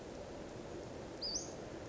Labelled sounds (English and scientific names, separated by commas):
Western Flycatcher (Empidonax difficilis)